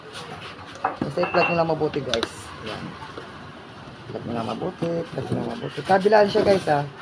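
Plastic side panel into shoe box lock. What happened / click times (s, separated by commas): The panel is being handled and has not locked yet / none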